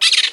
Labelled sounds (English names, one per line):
Brown-throated Parakeet contact call